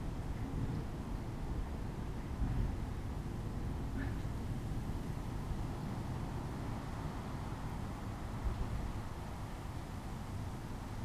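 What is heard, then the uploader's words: A distant train gives a steady, dense low rumble that holds for the whole stretch with only slight swells, around two and a half seconds and again near eight and a half. A soft hiss sits above it, and a faint tick sounds near four seconds. It's night time in the tiny village of Bunnadoon, nestled in the hills of the Southern Highlands.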